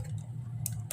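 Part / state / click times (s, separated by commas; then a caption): micro SD card into IP camera card slot / seated / 0.7 s. A micro SD card is pushed into the memory card slot of an outdoor IP camera, and it clicks into place at 0.7 s. The click sounds sharp and short, with a second similar click at 0.9 s, over a steady low hum. The card is seated fully in the slot.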